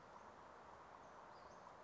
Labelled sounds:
Western Flycatcher (Empidonax difficilis)
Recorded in Sonoma County, California

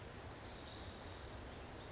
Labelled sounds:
California Towhee (Melozone crissalis)
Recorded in Sonoma County, California

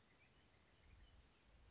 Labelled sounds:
Western Flycatcher (Empidonax difficilis)
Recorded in Sonoma County, California

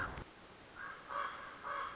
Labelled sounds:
Common Raven (Corvus corax)
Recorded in Sonoma County, California

